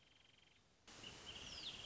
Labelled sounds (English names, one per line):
Wrentit